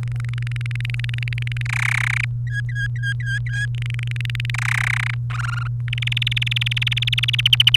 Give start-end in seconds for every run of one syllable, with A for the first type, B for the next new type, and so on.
0.03-1.62 A, 1.66-2.25 B, 2.47-3.65 C, 3.75-4.50 A, 4.54-5.14 B, 5.30-5.67 D, 5.88-7.41 E, 7.46-7.76 F